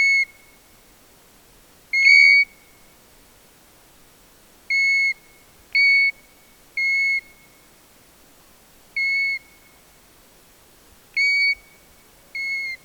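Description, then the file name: European golden plover, clear plaintive whistles repeated about eight times at uneven intervals, some slightly rising at the start, against a quiet background. "ljungpipare Pluvialis apricaria"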